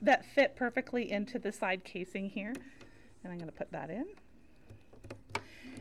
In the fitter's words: and now that I'm being recorded it's but it's nice and secure you hear the pop it's all good well